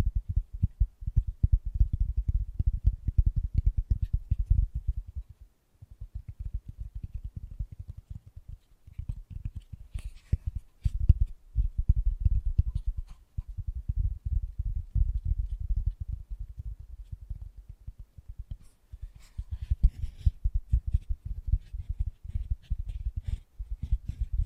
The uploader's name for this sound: Fast & Gentle Tapping